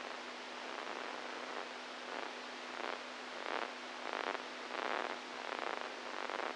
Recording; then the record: brain microelectrode recording played as sound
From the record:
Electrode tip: inside the subthalamic nucleus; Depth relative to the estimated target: 0 mm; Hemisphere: right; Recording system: NeuroSet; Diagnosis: Parkinson's disease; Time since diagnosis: 10 years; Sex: male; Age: 65 years